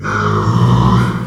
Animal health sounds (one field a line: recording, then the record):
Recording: squeal of a Yucatan mini pig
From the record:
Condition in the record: after surgery on the right vocal fold (resection and tissue-engineered implant)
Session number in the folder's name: 15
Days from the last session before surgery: 175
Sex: female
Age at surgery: 19 weeks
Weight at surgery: 25 kg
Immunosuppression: prednisolone